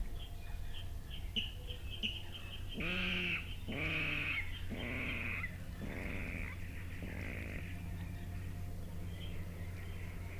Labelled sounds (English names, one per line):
Water Rail